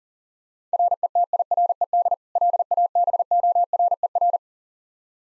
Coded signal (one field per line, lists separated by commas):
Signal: Morse code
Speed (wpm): 37 wpm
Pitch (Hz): 700 Hz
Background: none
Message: RETIRED LABORER